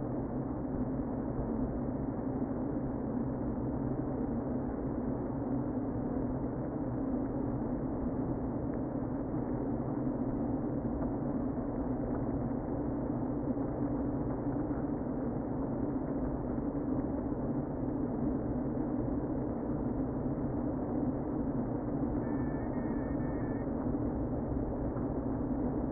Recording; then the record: honeybee colony, microphone inside the hive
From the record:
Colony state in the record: queen present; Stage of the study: before two queens were removed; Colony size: about 60,000 bees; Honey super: yes